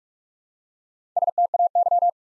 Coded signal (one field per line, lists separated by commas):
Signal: Morse code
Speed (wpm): 44 wpm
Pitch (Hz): 700 Hz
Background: none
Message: STAY